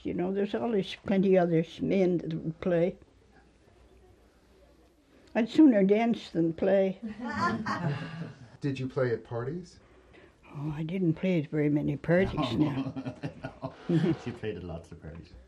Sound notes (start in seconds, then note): 7.1 laughter; 12.4 laughs